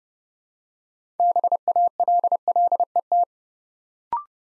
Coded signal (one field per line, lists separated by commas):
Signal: Morse code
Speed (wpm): 30 wpm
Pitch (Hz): 700 Hz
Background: none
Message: BALLET